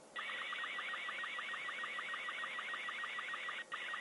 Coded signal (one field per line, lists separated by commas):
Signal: SSTV (slow-scan television)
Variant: Robot 36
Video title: Arissat-1 SSTV and KP4WES Hello over Puerto Rico